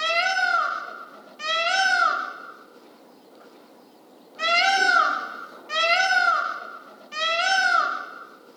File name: pavo cristatus